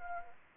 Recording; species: mosquito wingbeat signal from an infrared sensor; Anopheles arabiensis